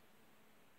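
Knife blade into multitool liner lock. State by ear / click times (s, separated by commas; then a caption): not seated / none. A small metal knife blade is being folded out of a multitool toward its liner lock. Only a steady, even hiss with faint rustling is heard, with no sharp transients. Nothing has seated or clicked yet.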